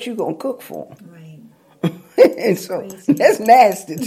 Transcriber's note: laughter